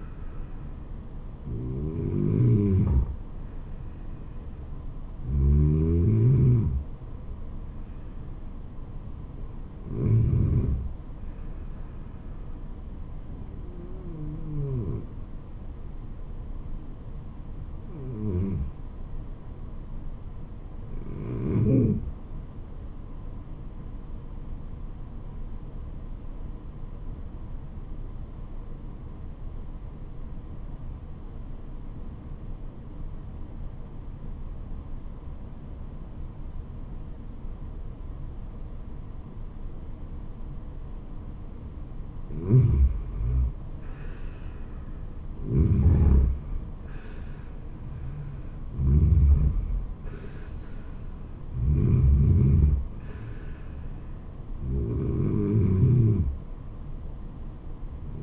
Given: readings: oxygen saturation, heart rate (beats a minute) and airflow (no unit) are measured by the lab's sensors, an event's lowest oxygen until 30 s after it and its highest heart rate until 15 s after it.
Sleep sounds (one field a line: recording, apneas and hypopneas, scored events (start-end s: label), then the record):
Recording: breathing in sleep by a smartphone at the bedside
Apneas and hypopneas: 1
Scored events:
26.00-46.20 s: obstructive apnea (N2, oxygen 96% highest, then 86% lowest, heart rate 74 at the start, 78 highest)
From the record:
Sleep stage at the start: N2 (light sleep)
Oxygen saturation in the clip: 86 to 96%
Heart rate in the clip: 68 to 78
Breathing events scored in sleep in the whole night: 426 in 7.4 hours asleep